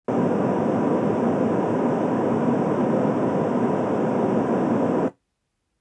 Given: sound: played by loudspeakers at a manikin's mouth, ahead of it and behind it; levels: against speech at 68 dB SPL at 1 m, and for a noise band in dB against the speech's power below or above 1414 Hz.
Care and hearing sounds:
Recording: test signals for a remote microphone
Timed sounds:
0.08-5.08 s: speech-spectrum noise from the mouth, +10 dB
From the record:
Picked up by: measurement microphone

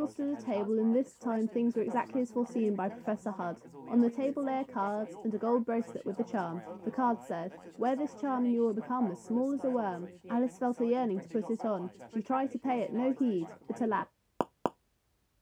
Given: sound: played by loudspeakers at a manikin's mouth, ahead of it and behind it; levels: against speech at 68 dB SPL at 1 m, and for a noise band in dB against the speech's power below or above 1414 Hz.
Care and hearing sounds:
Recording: test signals for a remote microphone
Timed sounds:
0.00-14.03 s: woman speaking, babble ahead at +6 dB SNR for speech at 1 m
14.41 s: click
14.66 s: click
From the record:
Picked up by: measurement microphone

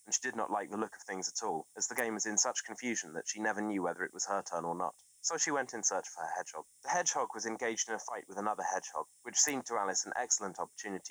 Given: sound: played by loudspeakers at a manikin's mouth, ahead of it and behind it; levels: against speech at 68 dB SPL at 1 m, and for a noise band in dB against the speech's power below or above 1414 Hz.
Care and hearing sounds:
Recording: test signals for a remote microphone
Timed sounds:
0.00-11.11 s: man speaking
From the record:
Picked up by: remote microphone C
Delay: 23 ms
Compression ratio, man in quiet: 1.79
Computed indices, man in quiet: SII 0.993, HASPI 0.992, HASQI 0.254 (non-linear 0.305, linear 0.832), ESTOI 0.734

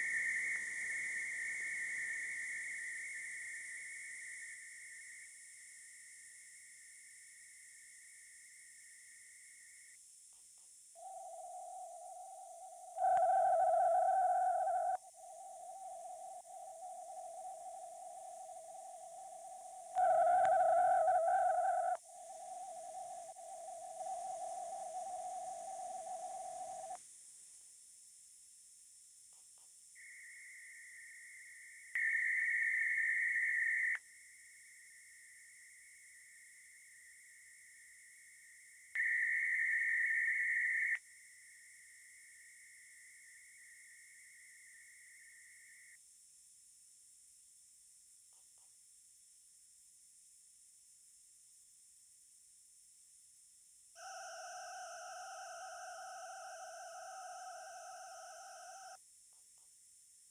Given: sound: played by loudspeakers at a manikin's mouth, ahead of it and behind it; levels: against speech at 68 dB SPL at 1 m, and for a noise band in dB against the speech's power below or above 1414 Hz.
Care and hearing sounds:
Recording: test signals for a remote microphone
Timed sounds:
0.00-0.56 s: noise band at 2000 Hz, 0 dB
0.56-5.25 s: noise band at 2000 Hz, -5 dB
5.25-9.95 s: noise band at 2000 Hz, -10 dB
10.95-12.95 s: noise band at 707 Hz, -13 dB
12.95-14.95 s: noise band at 707 Hz, +22 dB
14.95-19.95 s: noise band at 707 Hz, -13 dB
19.95-21.95 s: noise band at 707 Hz, +22 dB
21.95-26.95 s: noise band at 707 Hz, -13 dB
29.95-31.95 s: noise band at 2000 Hz, -13 dB
31.95-33.95 s: noise band at 2000 Hz, +22 dB
33.95-38.95 s: noise band at 2000 Hz, -13 dB
38.95-40.95 s: noise band at 2000 Hz, +22 dB
40.95-45.95 s: noise band at 2000 Hz, -13 dB
53.95-58.95 s: four noise bands (707, 1414, 2828 and 5656 Hz), 50 dB SPL
From the record:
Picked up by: remote microphone D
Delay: 24 ms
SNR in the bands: 28 dB at 1414 Hz, 17 dB at 2828 Hz, 21 dB at 5656 Hz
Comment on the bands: gain adaptation more progressive through entire signal

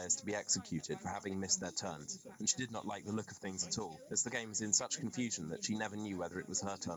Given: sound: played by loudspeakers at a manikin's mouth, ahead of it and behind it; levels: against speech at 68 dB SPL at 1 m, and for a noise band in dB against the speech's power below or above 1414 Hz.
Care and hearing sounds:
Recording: test signals for a remote microphone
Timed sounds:
0.00-6.97 s: man speaking, babble ahead at +6 dB SNR for speech at 1 m
From the record:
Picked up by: remote microphone A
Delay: 47 ms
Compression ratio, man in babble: 10.50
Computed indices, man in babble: HASPI 1.000, HASQI 0.322 (non-linear 0.372, linear 0.866), ESTOI 0.714

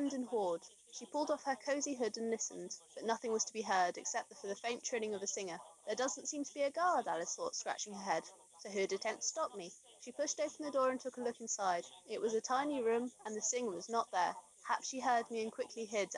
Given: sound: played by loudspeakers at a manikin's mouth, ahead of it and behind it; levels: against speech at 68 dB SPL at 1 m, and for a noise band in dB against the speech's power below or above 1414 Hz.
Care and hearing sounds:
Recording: test signals for a remote microphone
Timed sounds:
0.00-16.17 s: woman speaking, babble ahead at +6 dB SNR for speech at 1 m
From the record:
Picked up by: remote microphone D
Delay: 24 ms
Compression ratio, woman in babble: 1.06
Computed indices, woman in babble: HASPI 0.873, HASQI 0.329 (non-linear 0.380, linear 0.865), ESTOI 0.825

